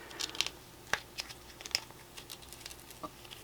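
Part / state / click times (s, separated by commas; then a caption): plastic hair piece tabs into toy throne part / seated / 1.8 s. A plastic hair piece for a Masterverse Bone Throne action-figure throne has its tabs pushed through the bottom and is pulled down until it locks in place, so it won't come back up or slip around. Light plastic ticks and rustles are heard around 0.2 to 1.2 s, then the sharpest, loudest click at 1.8 s as the piece seats, followed by faint handling sounds.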